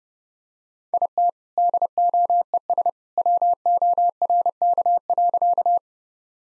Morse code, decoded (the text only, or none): IT DOES WORK.